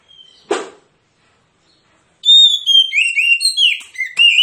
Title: Kacer Langsung Tarung Konslet KACER NGOTOT FULL TEMBAKAN. Kicau Kacer